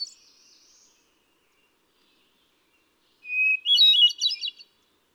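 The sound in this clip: Hermit thrush: a faint tail of a high phrase, quiet, then a clear whistled note giving way to a quick, rippling burst of notes.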